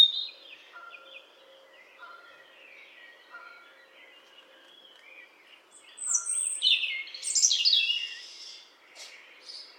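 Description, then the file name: European robin song: soft faint background notes at first, then a loud, rich burst of high, squeaky, fluting and twittering notes near the end. "Erithacus rubecula"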